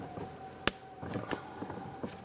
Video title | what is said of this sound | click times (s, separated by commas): How to Replace Front ABS Speed Sensor 2002-2008 Dodge Ram 1500 | Press it in until it clicks in, and then press your red lock tab down. | 0.7 s